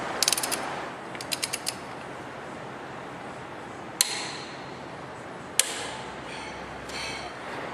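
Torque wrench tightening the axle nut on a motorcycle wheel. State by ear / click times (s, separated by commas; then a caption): torque reached / 4.0 s, 5.6 s. A torque wrench with an adapter, set to 40 ft-lb, tightens the wheel axle nut on a Buell XB12Scg motorcycle. Quick ratcheting ticks come early in the clip, then two sharp clicks at 4.0 s and 5.6 s show the wrench reaching its setting.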